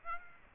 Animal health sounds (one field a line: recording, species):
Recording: mosquito wingbeat signal from an infrared sensor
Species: Aedes aegypti